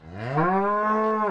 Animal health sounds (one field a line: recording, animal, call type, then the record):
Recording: contact call of a hoofed animal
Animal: cattle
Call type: low-frequency (closed-mouth) or high-frequency (open-mouth) call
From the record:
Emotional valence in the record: negative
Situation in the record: full separation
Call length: 1.31 s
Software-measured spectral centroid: 1030 Hz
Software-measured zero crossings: 1620 a second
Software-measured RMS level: -24 dBFS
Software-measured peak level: -12 dBFS